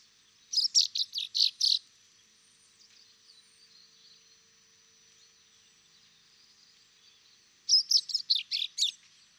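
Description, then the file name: Common chaffinch giving two bursts of five or six sharp, high chirps, the bursts about seven seconds apart, with near silence between. "Fringilla coelebs"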